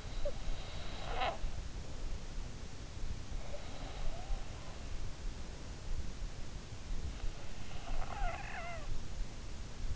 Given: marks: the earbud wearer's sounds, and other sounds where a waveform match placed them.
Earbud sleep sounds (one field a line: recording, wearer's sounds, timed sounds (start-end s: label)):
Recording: sounds in sleep by an in-ear microphone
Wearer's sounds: snoring breath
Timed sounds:
0.00-2.65 s: snoring breath
7.62-9.42 s: snoring breath